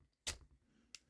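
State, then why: Not seated. During the leg transformation of a plastic Transformers Legacy United Leader Class Triple Changer Sandstorm action figure, the slider joint at the back of the leg is slid toward position. A broad rustling scrape of handling at about 0.3 s is followed by short, sharp ticks at 0.9 and 1.1 s. The clip ends before the part goes home, so nothing has seated or clicked yet.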